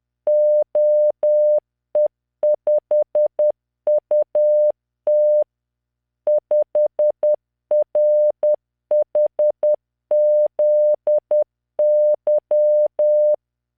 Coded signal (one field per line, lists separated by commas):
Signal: Morse code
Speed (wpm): 10 wpm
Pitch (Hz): 600 Hz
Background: none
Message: OE5UT 5RHZY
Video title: tamanのモールス練習動画95（モールス信号 速度10WPM morse code)